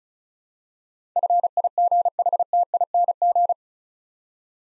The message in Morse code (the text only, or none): FIGHTING